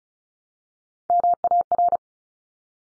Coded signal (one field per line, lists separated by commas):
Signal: Morse code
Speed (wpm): 36 wpm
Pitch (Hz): 700 Hz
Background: none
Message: MAR